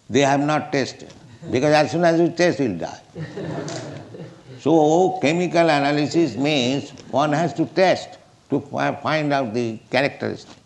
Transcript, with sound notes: they have not tasted. Because as soon as you taste, you will die. [laughter] So chemical analysis means one has to test to find out the characteristic.